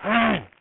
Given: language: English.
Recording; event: throat vibration sensor signal played as sound; throat clearing